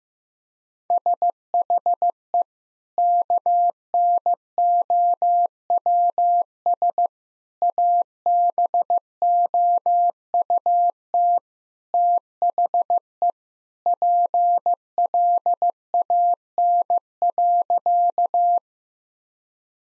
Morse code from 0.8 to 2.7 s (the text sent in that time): SHE